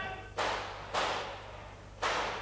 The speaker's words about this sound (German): Das sind doch Schüsse.